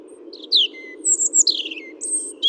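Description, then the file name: European robin song: quick high slurred notes, a low thin whistle, a descending twittering run and a high sustained whistle, all clear and varied. "Erithacus rubecula"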